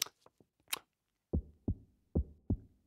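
A few soft clicks of the stethoscope settling on the chest, then two clear lub-dub beats, evenly spaced at about 75 a minute. A steady, calm heartbeat with a nicely regular rhythm that sounds wonderfully relaxed, a normal finding. The sound is a staged effect from a children's program.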